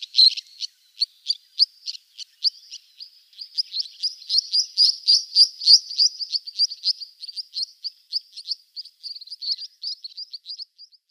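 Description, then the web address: Three-banded Plover display calls: rapid, high, thin piping notes, uneven and accelerating into a dense chattering run, then slowing again near the end. A pair of birds performing a display. "Schulze Peter Three-banded Plover pair display"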